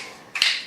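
During reassembly of a Ruger 10/22 rifle, the bolt is dropped nose-first into the receiver and pressed down with a finger while the bolt catch is eased off. After a quiet hiss, a sharp, bright metallic snap rings out at 0.4 s and fades over the rest of the clip as the bolt snaps into place, seated back in the receiver.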